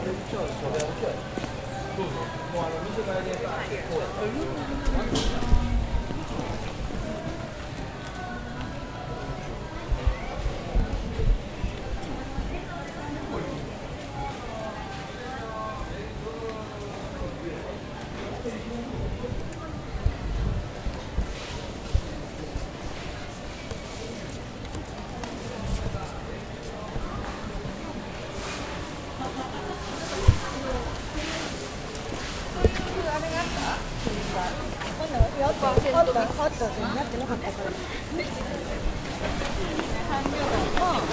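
A steady crowd murmur fills Nishiki Market in Kyoto, many voices overlapping without pause for the full stretch. Occasional sharp clicks and knocks cut through, notably around five, thirty and thirty-five seconds, with a faint low rumble underneath throughout.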